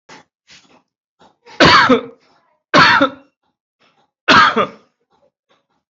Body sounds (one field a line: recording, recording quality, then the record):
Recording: heavy voluntary cough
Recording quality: excellent, no background noise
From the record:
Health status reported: COVID-19 positive, moderate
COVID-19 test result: positive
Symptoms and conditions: breathing difficulty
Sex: male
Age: 53 years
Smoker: not ticked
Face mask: worn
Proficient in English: no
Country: India